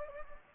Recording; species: mosquito wingbeat signal from an infrared sensor; Anopheles gambiae